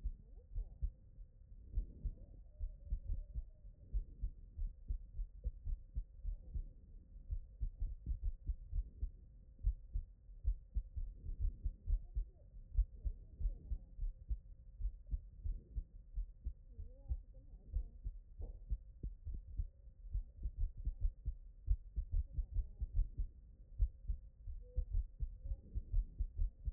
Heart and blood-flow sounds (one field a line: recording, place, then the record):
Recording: heart sounds by stethoscope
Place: tricuspid valve (TV)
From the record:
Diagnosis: non-HFrEF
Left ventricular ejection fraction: 49%